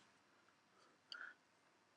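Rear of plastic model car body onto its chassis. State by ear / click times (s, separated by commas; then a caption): partly seated / 1.1 s. The plastic body of a model car kit is pressed onto its chassis at the rear, where the back end resists going on. A sharp click sounds at 1.1 s, followed by a brief scraping rattle, then quiet. The rear is only partly seated and not fully clicked in, so it will sit a little lower once it is properly home.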